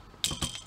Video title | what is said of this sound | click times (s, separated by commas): (FR) Deluxe BRAINSTORM review (Transformers Titans Return) | comme ceci à l'intérieur. Ça vient se clipser et ça ne bouge plus. | 0.2 s